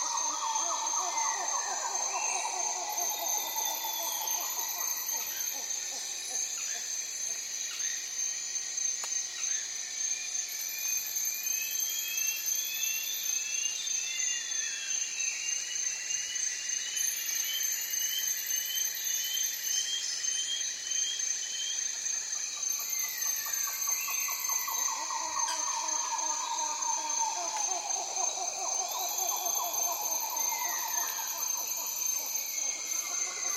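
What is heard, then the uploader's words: A dense, steady insect chorus whines high above while birds call constantly, with bursts of sharp pulsing calls every few seconds throughout. The Amazon rainforest wakes up. Early in the morning in the Amazon rainforest - the air is thick with humidity and wildlife sounds. The insect chorus is deafening, and birds are trying to do their part by calling incessantly everywhere.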